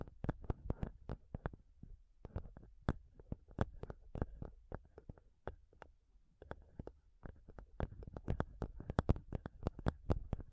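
Fingernails tap rapidly on a microphone, each hit a sharp click with a dull low thump underneath. The taps come in quick, uneven bursts, thinning briefly around the six-second mark before picking up again, denser and louder toward the end.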